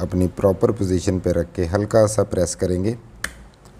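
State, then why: Seated. An NVMe SSD is placed in position in a motherboard M.2 slot and pressed lightly so the tool-less retainer clicks. Someone talks, then a sharp click at 3.2 s signals the latch clicking home. The drive is properly seated and locked.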